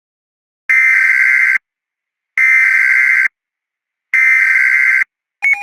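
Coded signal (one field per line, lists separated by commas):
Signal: Emergency Alert System (SAME) tones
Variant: header bursts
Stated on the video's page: Fictional EAS scenario, simulated.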